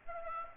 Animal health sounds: mosquito wingbeat signal from an infrared sensor; Aedes aegypti

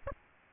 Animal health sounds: mosquito wingbeat signal from an infrared sensor; Aedes aegypti

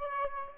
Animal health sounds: mosquito wingbeat signal from an infrared sensor; Aedes aegypti

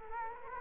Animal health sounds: mosquito wingbeat signal from an infrared sensor; Culex quinquefasciatus

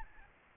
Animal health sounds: mosquito wingbeat signal from an infrared sensor; Aedes albopictus

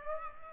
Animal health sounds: mosquito wingbeat signal from an infrared sensor; Aedes aegypti

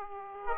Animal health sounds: mosquito wingbeat signal from an infrared sensor; Aedes aegypti

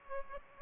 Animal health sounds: mosquito wingbeat signal from an infrared sensor; Aedes aegypti

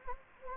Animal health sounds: mosquito wingbeat signal from an infrared sensor; Anopheles gambiae

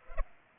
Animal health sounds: mosquito wingbeat signal from an infrared sensor; Culex pipiens

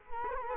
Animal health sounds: mosquito wingbeat signal from an infrared sensor; Culex quinquefasciatus

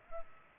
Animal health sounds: mosquito wingbeat signal from an infrared sensor; Culex pipiens

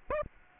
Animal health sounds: mosquito wingbeat signal from an infrared sensor; Aedes aegypti

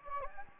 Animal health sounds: mosquito wingbeat signal from an infrared sensor; Anopheles gambiae

